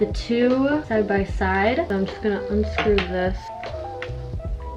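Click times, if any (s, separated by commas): 4.0 s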